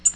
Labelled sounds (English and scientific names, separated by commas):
Tennessee Warbler (Leiothlypis peregrina) flight call